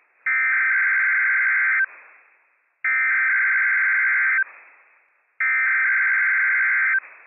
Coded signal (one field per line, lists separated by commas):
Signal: Emergency Alert System (SAME) tones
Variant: header bursts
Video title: WWF56 Required Weekly Test from NWS Pendleton, Oregon - EAS #277 - 10:23 AM PDT 10/5/22